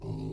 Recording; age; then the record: pig call; weaner (32 to 43 days)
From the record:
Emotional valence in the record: negative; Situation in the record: novel object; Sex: female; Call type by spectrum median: low-frequency call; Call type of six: low-frequency stable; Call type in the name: low-frequency stable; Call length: 0.32 s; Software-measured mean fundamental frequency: 53 Hz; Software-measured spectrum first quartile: 125 Hz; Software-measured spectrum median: 204 Hz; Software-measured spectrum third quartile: 377 Hz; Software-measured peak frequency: 135 Hz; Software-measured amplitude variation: 115 dB a second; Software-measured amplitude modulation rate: 35.7 a second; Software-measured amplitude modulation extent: 3.2 dB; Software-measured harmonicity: -1.8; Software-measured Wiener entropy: -0.11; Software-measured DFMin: 1446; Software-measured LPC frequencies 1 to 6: 285, 856, 2705, 3924, 4541, 6581 Hz